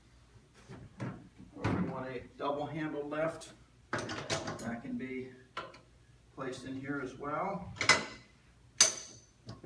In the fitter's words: locked into place